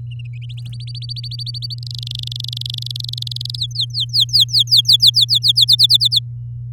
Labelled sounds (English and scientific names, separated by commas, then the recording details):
Domestic Canary (Serinus canaria) song
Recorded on 8 May 2018 at 08:10
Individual llb16